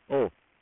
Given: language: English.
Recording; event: throat vibration sensor signal played as sound; speech